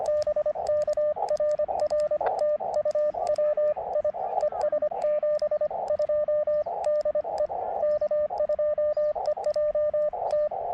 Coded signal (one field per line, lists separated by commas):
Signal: Morse code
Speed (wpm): 24 wpm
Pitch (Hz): 590 Hz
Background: radio noise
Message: BK RR TU WI ES 72 DE K2EJT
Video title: CW POTA at US-2145 Stony Brook State Park